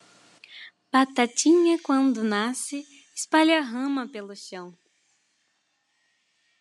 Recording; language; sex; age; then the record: short text; Brazilian Portuguese; female; 18 to 19 years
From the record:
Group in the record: control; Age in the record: 19 years